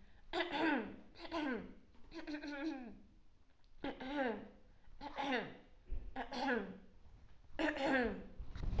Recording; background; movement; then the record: throat clearing; quiet; sitting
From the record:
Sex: female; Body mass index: 18.3 kg/m2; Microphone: on the chest, facing outward